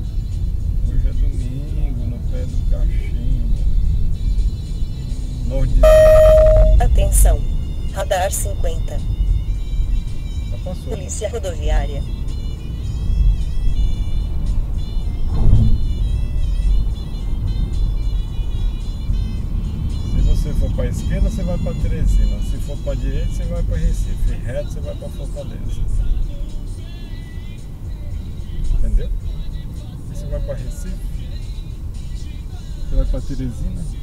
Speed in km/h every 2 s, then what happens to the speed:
30, 34, 40, 47, 53, 56, 60, 65, 66, 70, 67, 62, 57, 50, 47, 47, 46.
0-17 speeds up to 70. 17-27 slows to 47. 27-34 steady at about 47.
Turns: none.